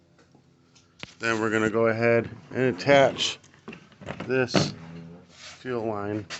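A fuel-system part with a long nipple (a primer/filter part) is pushed into its housing on the carburetor/fuel system of an Echo CS-305 string trimmer until it seats with a sharp click at 1.0 s. Someone then talks about attaching a fuel line to the long nipple.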